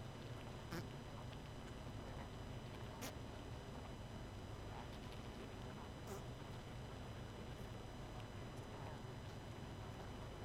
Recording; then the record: honeybee colony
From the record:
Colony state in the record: missing queen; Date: 31 May 2018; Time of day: 20:55